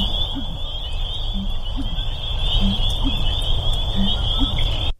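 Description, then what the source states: American Bittern glug call: deep gulping notes in pairs, repeated at a steady pace, over a steady high hum throughout. Glug glug call, likened to drinking a beer in a swamp.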